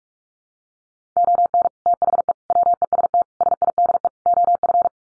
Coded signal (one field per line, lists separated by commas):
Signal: Morse code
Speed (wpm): 44 wpm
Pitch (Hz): 700 Hz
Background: none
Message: ON THE WEST SIDE OF